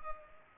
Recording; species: mosquito wingbeat signal from an infrared sensor; Culex pipiens